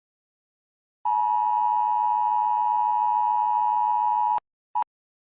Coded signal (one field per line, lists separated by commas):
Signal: Emergency Alert System (SAME) tones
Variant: 853 and 960 Hz attention tone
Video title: [EAS Scenario] If the Locust Horde was REAL (Part 8)